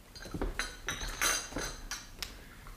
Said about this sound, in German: Mascha, räum die Gläser weg und die Tassen.